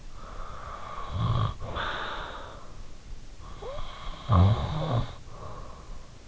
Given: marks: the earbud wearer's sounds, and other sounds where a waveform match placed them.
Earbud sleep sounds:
sounds in sleep by an in-ear microphone; snoring breath
0.46-3.03 s: snoring breath
3.49-6.24 s: snoring breath

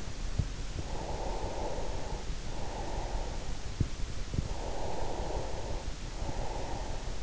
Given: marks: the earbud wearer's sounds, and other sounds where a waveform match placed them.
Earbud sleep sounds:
sounds in sleep by an in-ear microphone; breath
0.48-3.86 s: breath
4.51-7.23 s: breath

